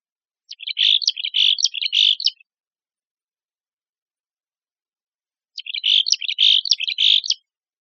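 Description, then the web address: Mexican Chickadee giving two matching series of husky buzzy call notes, each almost two seconds long, separated by about three seconds of silence. Part of the chickadees and allies set of the AZFO sound library, recorded by Deviche. "Sound Library Chickadees Allies AZFO MECH Deviche"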